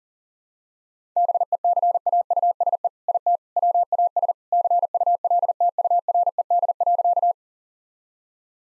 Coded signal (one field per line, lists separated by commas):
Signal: Morse code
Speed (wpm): 40 wpm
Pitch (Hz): 700 Hz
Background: none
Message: BECAUSE IT WAS CULTURED.